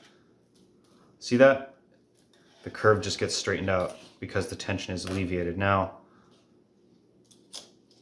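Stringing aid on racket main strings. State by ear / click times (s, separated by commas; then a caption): seated / 7.3 s. A laser-cut racket stringing aid is pressed onto the interlaced main strings of a racket and slid until it locks in place, with a click at 7.3 s. Someone talks for most of the clip, and the aid ends up locked onto the main strings.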